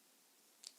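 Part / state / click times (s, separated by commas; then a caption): magnetic clasp of a phone crossbody strap / seated / 0.7 s. The magnetic clasp of a phone crossbody strap is let go and snaps back together, making a short, bright click at 0.7 s after a quiet stretch. The clasp seats with an audible little snap.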